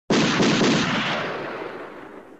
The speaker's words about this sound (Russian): Раздались оружейные выстрелы у Спасских ворот.